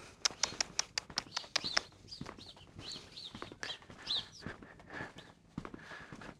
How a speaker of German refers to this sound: Die Vögel sitzen hier auf der Dachrinne, auf dem Haus und beobachten uns.